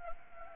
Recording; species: mosquito wingbeat signal from an infrared sensor; Anopheles gambiae